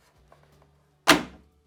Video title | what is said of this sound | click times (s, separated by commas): Why Has No One Thought Of This Before? - Playhouse Bed | snaps back in place oh that is satisfying | 1.1 s